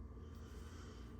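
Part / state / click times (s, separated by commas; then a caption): knife blade into its back lock in the handle / not seated / none. A large stainless-steel Marbles folding hunting knife, with bolsters and the brand stamped on it, is handled as its blade is opened toward the back lock in the handle. Only a steady low rumble and faint handling noise are heard, with no sharp transients. The blade has not yet locked into place, and nothing has seated or clicked.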